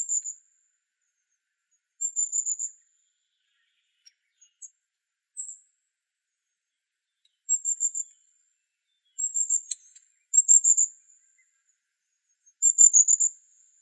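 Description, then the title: Long-tailed tit calls: very high, thin trilled bursts, each under a second, repeated every one to two seconds with short gaps between; no other sounds. "La Mésange à longue queue (Aegithalos caudatus)"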